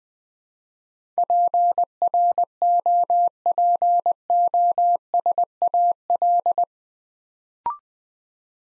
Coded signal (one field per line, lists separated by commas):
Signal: Morse code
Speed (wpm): 20 wpm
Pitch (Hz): 700 Hz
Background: none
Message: PROPOSAL